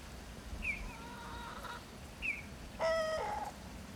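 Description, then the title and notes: Chicken: rooster crows faintly, then a louder short crow near the end, with thin high chirps from another bird before and between them over steady background noise. Rooster on a dung heap on an unusually warm winter day with snow lying; Mitterleiten, Aschau im Chiemgau, Germany. "Mitterleiten, 83229 Aschau im Chiemgau, Deutschland - The Rooster and His Chickens. Der Hahn und seine Hühner. Auf dem Misthaufen an einem viel zu warmen Wintertag. Jedoch lag Schnee. Und ein Flugzeug zieht am Himmel vorüber"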